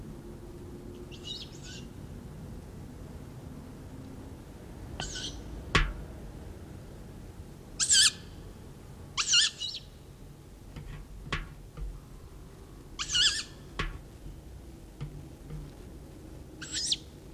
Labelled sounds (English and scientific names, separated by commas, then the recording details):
Tawny Owl (Strix aluco) call
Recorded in the wild
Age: juvenile
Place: Blankenburg/Harz, Harz, Sachsen-Anhalt, DE
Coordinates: 51.7917, 10.9633
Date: 1971-07-15
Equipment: Uher 4200 Report-S, Tesla Verstärker, Sennheiser MD 421
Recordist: Tembrock, Günter